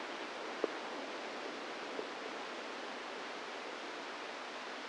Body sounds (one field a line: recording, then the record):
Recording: brain microelectrode recording played as sound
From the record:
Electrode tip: inside the subthalamic nucleus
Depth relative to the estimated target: 1 mm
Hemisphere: right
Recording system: NeuroSet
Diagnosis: Parkinson's disease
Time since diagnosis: 10 years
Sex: female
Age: 45 years